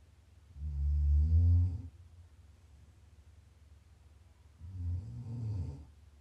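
Two low, rattling inspiratory snores about four seconds apart, each lasting over a second, with quiet breathing between.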